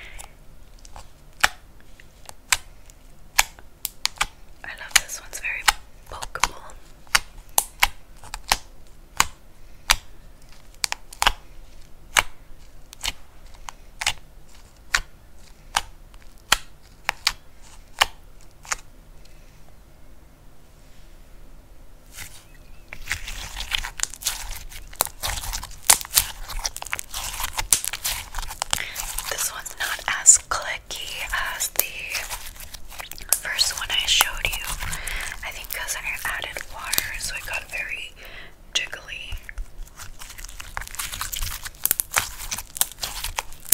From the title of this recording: Slime Sounds Crunchy, Poking, Stretching, Pressing